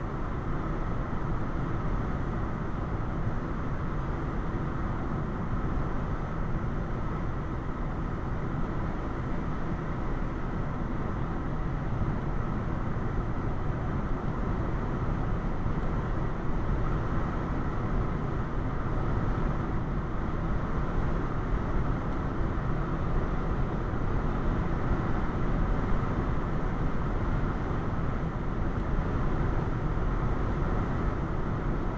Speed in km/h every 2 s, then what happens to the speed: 95, 95, 95, 95, 95, 95, 95, 93, 95, 95, 97, 97, 98, 97, 93, 95.
0-32 steady at about 95.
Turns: none.